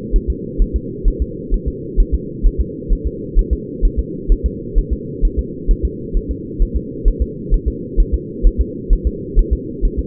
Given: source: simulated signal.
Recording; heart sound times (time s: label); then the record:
fetal heart sounds
0.16 s: S1
0.30 s: S2
0.62 s: S1
0.76 s: S2
1.08 s: S1
1.22 s: S2
1.54 s: S1
1.68 s: S2
2.00 s: S1
2.14 s: S2
2.46 s: S1
2.61 s: S2
2.93 s: S1
3.07 s: S2
3.39 s: S1
3.53 s: S2
3.85 s: S1
3.99 s: S2
4.32 s: S1
4.46 s: S2
4.78 s: S1
4.93 s: S2
5.25 s: S1
5.39 s: S2
5.71 s: S1
5.85 s: S2
6.17 s: S1
6.31 s: S2
6.62 s: S1
6.76 s: S2
7.08 s: S1
7.22 s: S2
7.54 s: S1
7.68 s: S2
8.00 s: S1
8.14 s: S2
8.47 s: S1
8.61 s: S2
8.93 s: S1
9.07 s: S2
9.39 s: S1
9.53 s: S2
9.85 s: S1
9.99 s: S2
From the record:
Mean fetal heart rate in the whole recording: 130 bpm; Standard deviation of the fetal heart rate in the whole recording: 4 bpm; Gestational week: 38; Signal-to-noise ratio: -4.1 dB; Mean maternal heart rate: no maternal heart sound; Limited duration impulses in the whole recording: absent